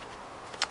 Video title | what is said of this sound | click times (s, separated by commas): anyCase iDesk pour le nouvel iPad | mais un clic alors là y'a pas de soucis votre tablette pas tenir | 0.6 s